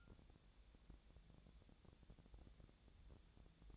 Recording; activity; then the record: daily activity, microphone in the room; take from stove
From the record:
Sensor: 3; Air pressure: 1000.0 hPa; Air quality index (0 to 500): 127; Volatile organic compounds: 2 ppm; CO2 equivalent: 1138 ppm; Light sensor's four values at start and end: 39/99/42/47 and 39/99/42/47